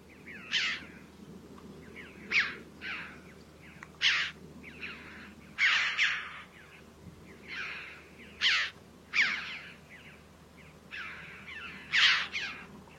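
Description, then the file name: Red-billed chough calling, a series of raspy, abrupt calls of varying loudness at irregular intervals throughout. "Canto do gralha de bico vermelho"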